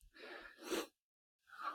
That was a sneeze and not a cough.